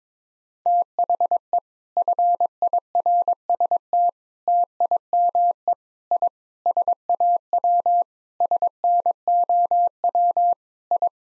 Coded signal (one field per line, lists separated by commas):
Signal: Morse code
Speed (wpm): 22 wpm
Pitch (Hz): 700 Hz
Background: none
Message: THE FIRST TIME I SAW SNOW I